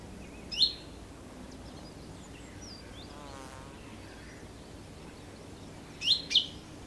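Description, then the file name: Common chaffinch giving short sharp chinking calls, one early and a quick pair near the end, with a faint buzzing insect in between over low steady background hiss. "Fringilla coelebs"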